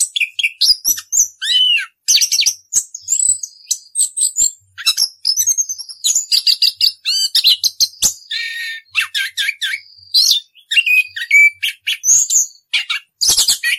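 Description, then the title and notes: Orange-headed thrush song pouring out almost without pause: dense sequences of high chips, warbled whistles and buzzy notes. Anis kembang singing in the ngerol (continuous rolling) song style; masteran tutor song. "Anis Kembang 9. suara anis kembang ngerol. Masteran Anis Kembang"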